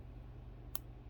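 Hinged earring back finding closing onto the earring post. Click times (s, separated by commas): 0.8 s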